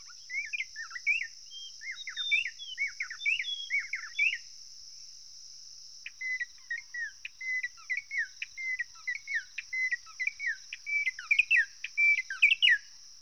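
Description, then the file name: White-browed robin-chat singing varied whistled notes and repeated chirps over a constant high insect drone. "Cossyphe d Heuglin Cossypha heuglini White-Browed robin-chat Weissbrauenrotel"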